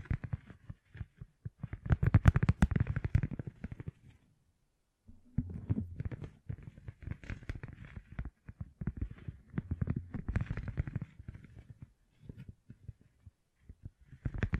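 Fingertips covered in gems tap and scratch in quick, dense bursts of small clicks and rasps, with a dull low thump under many of them. The activity comes in busy stretches separated by brief pauses, including a full silence around four to five seconds.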